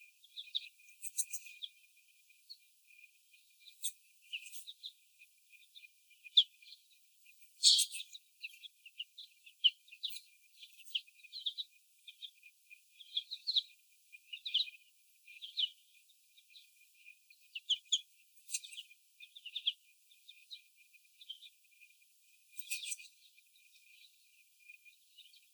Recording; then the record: young laying hens in a cage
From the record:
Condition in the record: before the stressor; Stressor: sudden umbrella opening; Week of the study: 1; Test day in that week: 1